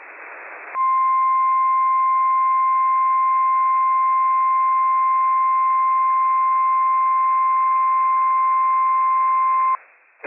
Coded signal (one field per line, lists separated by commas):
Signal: Emergency Alert System (SAME) tones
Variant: 1050 Hz attention tone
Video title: Dust Storm Warning - WWF56 - EAS #324 - 1:04 PM PDT 9/29/24